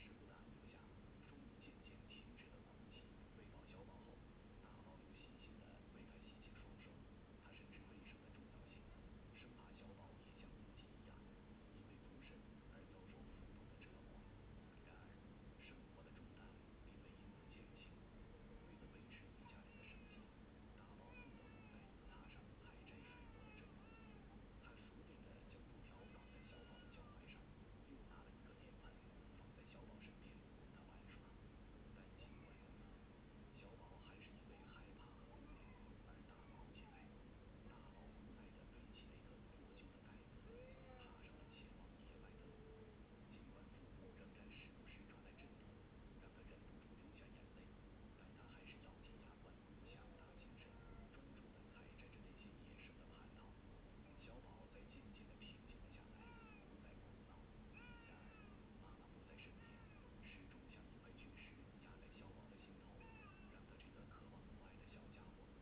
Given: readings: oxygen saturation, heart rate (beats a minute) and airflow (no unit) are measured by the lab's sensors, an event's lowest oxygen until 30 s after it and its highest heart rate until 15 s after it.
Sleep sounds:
a person awake in a sleep study, by a voice recorder at the bedside; none
0.00-65.62 s: awake
From the record:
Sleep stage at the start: awake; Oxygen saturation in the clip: 94 to 96%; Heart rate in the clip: 64 to 71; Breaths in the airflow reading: 14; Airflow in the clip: -3.6 to 4.8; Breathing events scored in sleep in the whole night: 131 in 7.2 hours asleep

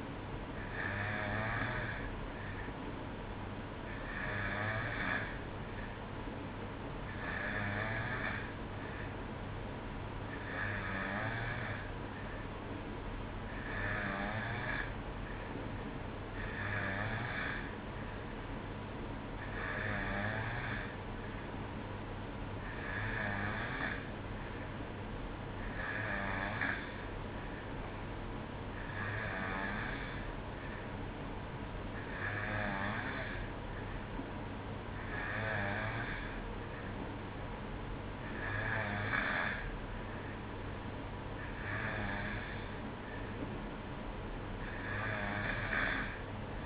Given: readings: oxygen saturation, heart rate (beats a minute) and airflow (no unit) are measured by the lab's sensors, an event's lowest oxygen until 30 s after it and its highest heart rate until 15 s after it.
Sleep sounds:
breathing in sleep by a voice recorder at the bedside; none
none scored
From the record:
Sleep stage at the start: N2 (light sleep); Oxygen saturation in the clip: 91%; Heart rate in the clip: 62 to 65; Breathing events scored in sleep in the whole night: 305 in 9.6 hours asleep

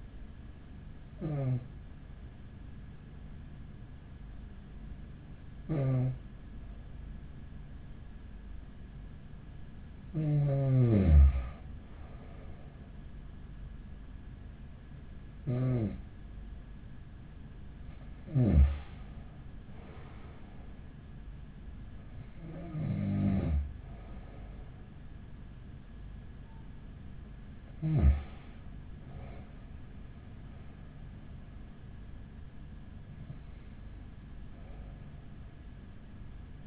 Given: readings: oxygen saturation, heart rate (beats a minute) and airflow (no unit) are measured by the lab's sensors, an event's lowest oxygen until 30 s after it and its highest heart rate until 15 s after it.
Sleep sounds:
breathing in sleep by a smartphone at the bedside; none
none scored
From the record:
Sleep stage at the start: N2 (light sleep); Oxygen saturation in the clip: 93 to 95%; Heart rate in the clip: 39 to 48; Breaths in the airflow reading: 8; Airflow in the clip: -9.3 to 9.9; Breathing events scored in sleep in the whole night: 207 in 7.6 hours asleep

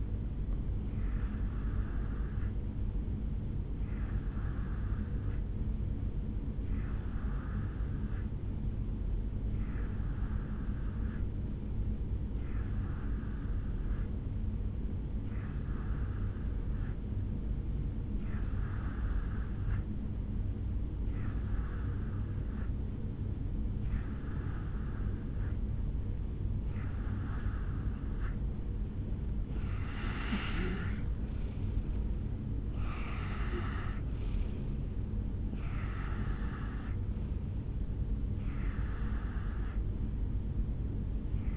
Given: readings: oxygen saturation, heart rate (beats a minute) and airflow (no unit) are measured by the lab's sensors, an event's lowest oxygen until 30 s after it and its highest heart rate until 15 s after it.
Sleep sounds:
breathing in sleep by a smartphone at the bedside; none
none scored
From the record:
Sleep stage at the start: N2 (light sleep); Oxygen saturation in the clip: 88 to 91%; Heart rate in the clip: 65 to 70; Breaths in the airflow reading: 14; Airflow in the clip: -5.9 to 4.2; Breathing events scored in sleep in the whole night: 449 in 7.0 hours asleep

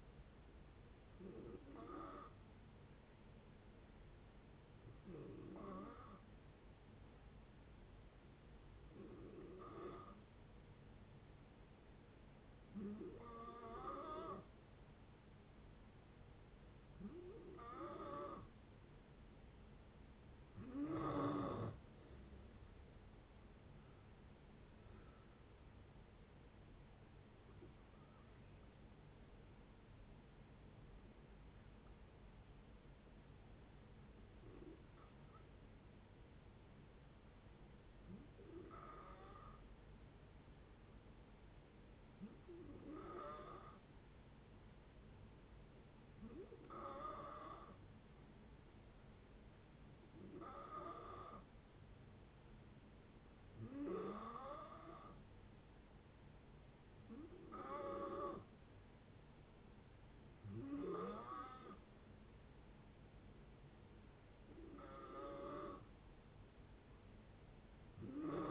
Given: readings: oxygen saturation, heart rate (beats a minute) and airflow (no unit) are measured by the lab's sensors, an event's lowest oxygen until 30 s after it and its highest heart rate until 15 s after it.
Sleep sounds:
breathing in sleep by a voice recorder at the bedside; 2
4.00-21.30 s: hypopnea (N1, oxygen 93% highest, then 90% lowest)
34.00-55.30 s: hypopnea (N1, oxygen 94% highest, then 89% lowest)
46.00-68.51 s: new sleep stage, N2 (light sleep)
From the record:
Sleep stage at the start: N1 (lightest sleep); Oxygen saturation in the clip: 89 to 94%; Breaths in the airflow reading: 17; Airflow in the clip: -8.9 to 11.4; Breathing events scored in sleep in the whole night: 496 in 5.4 hours asleep

